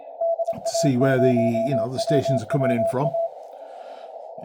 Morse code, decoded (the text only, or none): DA0WWA